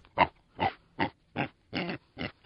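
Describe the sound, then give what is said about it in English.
A pig oinks in a steady series of about seven short, rough grunts, each a brief nasal burst spaced evenly apart, fairly loud with no voices over them. “We all know that a pig is a filthy animal, but it seems that this might actually have some benefits for them.”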